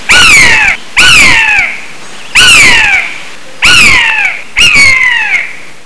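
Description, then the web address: Bird giving five loud, harsh squawks, each sliding downward, with short silent gaps between. "特酷声音素材库 动物 鸟 Bird"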